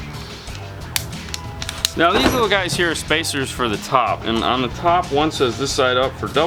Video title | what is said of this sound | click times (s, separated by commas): Front camers see into the Future, back see into the Past Installer Diaries 41 | Now these are going to kind of clip in place here. | 1.0 s, 1.3 s